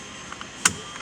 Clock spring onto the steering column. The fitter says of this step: Until we hear clicks on top, bottom, and lower.